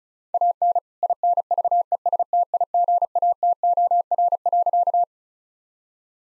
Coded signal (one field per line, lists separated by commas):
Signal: Morse code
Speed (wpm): 36 wpm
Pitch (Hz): 700 Hz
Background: none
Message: AN INVESTIGATOR.